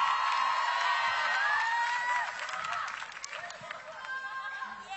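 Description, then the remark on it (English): Standing applause and cheering from a crowd, given by four judges on a night show, with whoops and shouts rising above the dense clapping, which stays loud throughout and eases slightly toward the end. “Kalian mendapatkan standing applause dari empat juri sebesar kita malam hari ini.”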